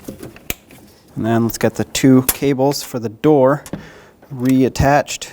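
A plastic courtesy light wiring connector is plugged back into the door light socket inside the front door of a 2012-2017 Toyota Camry during a door latch replacement. A single sharp snap is heard at 0.5 s as it clicks in and seats. Someone then talks.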